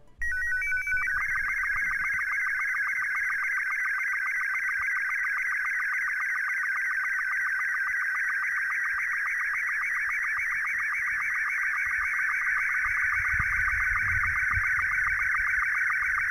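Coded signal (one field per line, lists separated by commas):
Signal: SSTV (slow-scan television)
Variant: Scottie 2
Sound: brief header tones, then a continuous warbling scanning tone with regular short low blips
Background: faint low room hum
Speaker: what we're gonna do right now is we're gonna play the sound and it's going to automatically be to be detected with an MMS as TV and there we go now that we have our image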